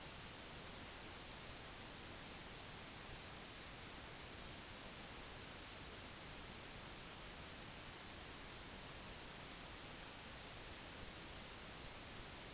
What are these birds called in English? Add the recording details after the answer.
none. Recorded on Arctic tundra, site NAIT-1, on 25 June 2019. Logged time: 10:00